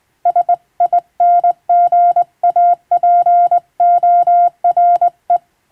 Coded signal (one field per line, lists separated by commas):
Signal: Morse code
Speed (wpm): 20 wpm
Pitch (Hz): 700 Hz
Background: none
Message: SINGAPORE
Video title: 昔懐かしい！人が縦振り電鍵で打つモールス無線電報。無線通信士という職業がありました。船と陸とをつなぐ唯一の重要な仕事でした。今でも遠洋漁業無線で使われています。morse code practice